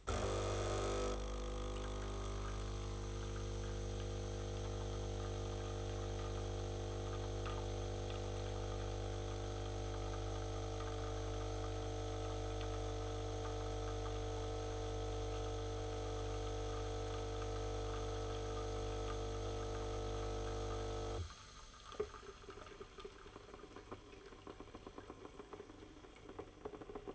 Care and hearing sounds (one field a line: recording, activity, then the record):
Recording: daily activity, microphone in the room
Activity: make coffee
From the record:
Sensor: 4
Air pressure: 991.6 hPa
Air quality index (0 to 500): 135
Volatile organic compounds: 51 ppm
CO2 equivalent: 3308 ppm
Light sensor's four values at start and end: 16/51/19/19 and 18/60/23/23